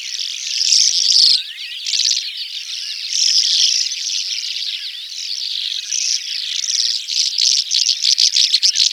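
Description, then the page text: Calandra lark song, a dense continuous warble of buzzy trills and chattering notes, ending in rapid rattling pulses. "Calandra Lark Songs. Quick Sounds"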